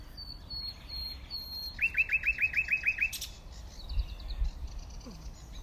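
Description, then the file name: Common nightingale song: soft high whistles, then a rapid run of sharp, down-slurred notes, followed by quieter high chips. "Luscinia megarhynchos"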